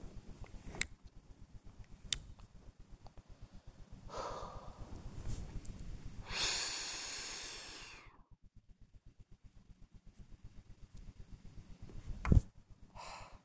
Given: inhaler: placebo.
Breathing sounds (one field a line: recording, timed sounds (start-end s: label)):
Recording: one use of a dry powder inhaler by a smartwatch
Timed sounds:
0.48-2.52 s: inhaler activation
4.04-5.10 s: exhalation
6.19-8.32 s: inhalation
12.83-13.45 s: exhalation